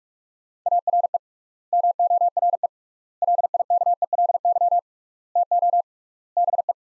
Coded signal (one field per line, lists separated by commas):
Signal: Morse code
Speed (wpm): 46 wpm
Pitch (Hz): 700 Hz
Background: none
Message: ARE MORE LIKELY TO BE